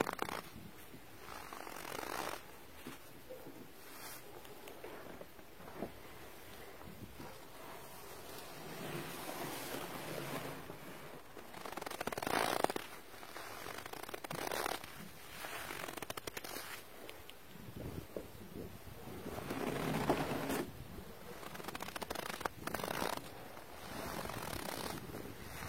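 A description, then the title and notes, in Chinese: Snow, heard as a continuous airy hiss with rough, crunchy rustling that swells and fades in irregular bursts. The louder surges come around 12 and 20 seconds, while a soft low rumble runs underneath throughout. 还记得雪的声音吗？｜白噪音。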